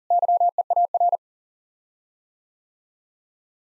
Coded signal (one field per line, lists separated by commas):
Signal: Morse code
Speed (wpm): 40 wpm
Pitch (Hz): 700 Hz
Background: none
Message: YEAR